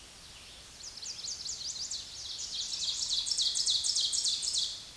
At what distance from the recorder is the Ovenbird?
about 15 m